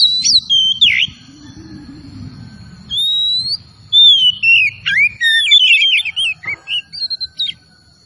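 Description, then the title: Oriental magpie-robin song mixing clear whistles, slurred swoops and quick twittering notes in varied phrases, with a soft low hum in the first half. Singing vigorously (gacor). "Kacer Tretes Gacor"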